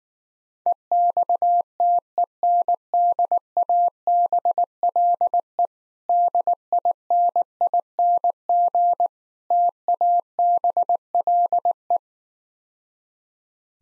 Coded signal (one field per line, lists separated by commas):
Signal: Morse code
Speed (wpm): 19 wpm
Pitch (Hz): 700 Hz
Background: none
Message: EXTENDABLE DINING TABLE